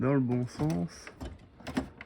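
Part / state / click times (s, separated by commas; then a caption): print head cartridge into ink tank printer carriage / seated / 2.0 s. Someone talks while the second print head cartridge is slid the right way round into its slot in the carriage of an HP Smart Tank 555 ink tank printer. A few faint handling knocks follow around 1.7 to 1.8 s. A short sharp click at 2.0 s marks the cartridge snapping into place, seated properly.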